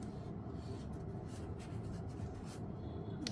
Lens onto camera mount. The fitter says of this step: यह लॉक हो गया है ये